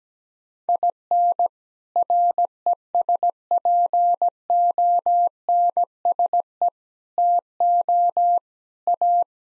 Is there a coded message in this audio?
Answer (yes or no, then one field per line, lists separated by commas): yes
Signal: Morse code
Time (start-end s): 0.7-9.2 s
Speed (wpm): 17 wpm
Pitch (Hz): 700 Hz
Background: none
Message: IN RESPONSE TO A